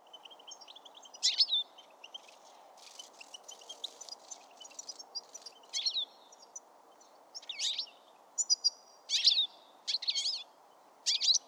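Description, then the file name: European goldfinch twittering in bursts, with liquid chirps and buzzy notes that grow louder toward the end, over steady background noise. "Carduelis carduelis"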